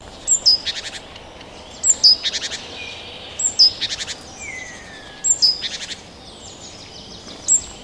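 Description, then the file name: Great tit calls: short clusters of harsh, rattling notes mixed with thin high whistles, several bursts at irregular intervals over faint background hiss. "Parus major"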